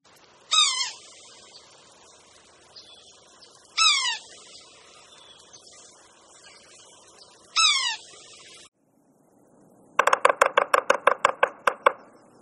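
Bird calls: three harsh, harmonic notes sweeping downward, spaced a few seconds apart, followed after a pause by a rapid series of many short pulsed notes.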